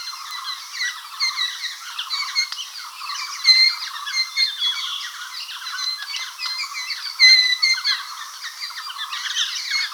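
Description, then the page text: White-cheeked laughingthrush flock calling, a dense busy chatter of squeaky and harsh notes from several birds overlapping throughout, with brief louder whistled peaks. "White-Cheeked Laughingthrush Flock Call - Quick Sounds"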